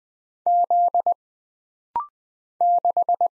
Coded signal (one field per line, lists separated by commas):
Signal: Morse code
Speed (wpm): 20 wpm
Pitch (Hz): 700 Hz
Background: none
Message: Z 6